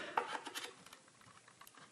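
Two plastic magazines for a JG G608 airsoft rifle are pushed together by their built-in coupling clips. A sharp clack is heard at 0.2 s as they lock, followed by a few faint plastic ticks. The magazines are coupled and seated together, with no extra accessory needed.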